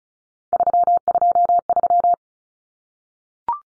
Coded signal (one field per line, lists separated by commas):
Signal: Morse code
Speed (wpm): 34 wpm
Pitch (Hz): 700 Hz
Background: none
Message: 323